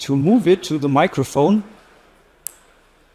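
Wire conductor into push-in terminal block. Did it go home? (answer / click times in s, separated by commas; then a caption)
yes / 2.5 s. A wire conductor is pushed into a push-in terminal block near the microphone while someone talks. After the talking stops, a single short, sharp click sounds at 2.5 s as the clamp latches, and the conductor is seated in the terminal block.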